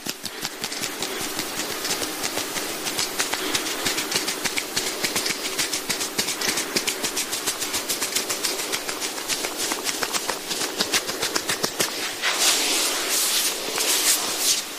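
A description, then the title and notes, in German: Gentle massage sounds from massage instruments: a dense, steady run of quick, soft taps and brushing strokes, closely spaced throughout. A faint low hum sits underneath. After about twelve seconds the strokes turn brighter and more hissing, like rubbing, until the end. Sanfte Massageklänge. Klänge der Massageinstrumente.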